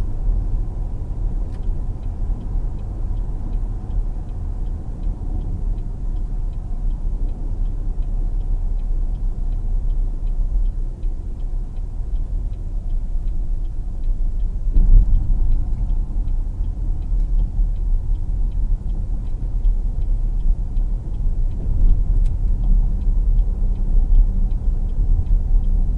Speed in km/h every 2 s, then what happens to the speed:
101, 98, 93, 89, 85, 84, 82, 71, 64, 63, 61, 60, 60.
0-7 slows to 85. 7-13 steady at about 84. 13-26 slows to 60.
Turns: 15-26.